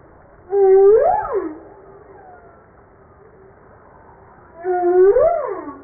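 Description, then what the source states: Humpback whale song: two arched moans that climb slowly and then drop, with strong harmonics, separated by a quiet gap. Recorded 5 March 1994.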